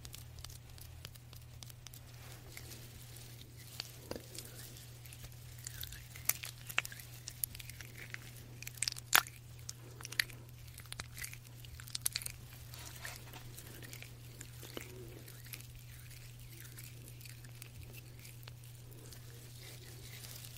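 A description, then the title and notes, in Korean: Quiet hand massage with no talking: soft rubbing and light patting clicks scatter through the clip, busiest between about 6 and 13 seconds. A steady low hum runs underneath the whole time, and the rubbing stays gentle and uneven. 말없이 부드러운 손 마사지 소리.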